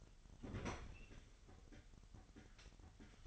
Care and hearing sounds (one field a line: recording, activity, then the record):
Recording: daily activity, microphone in the room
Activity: open fridge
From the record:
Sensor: 4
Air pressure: 989.2 hPa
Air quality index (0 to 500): 223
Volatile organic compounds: 81 ppm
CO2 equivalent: 3618 ppm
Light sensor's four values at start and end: 26/92/34/36 and 26/92/34/36